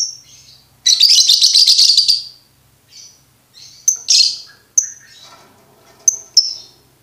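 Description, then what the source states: Lovebird chatter: a long rasping, buzzy burst, followed by scattered squeaky chirps and short harsh notes, with a faint lower twitter in the background. Bird-tutoring (masteran) recording no. 2, played for birds to learn ngekek.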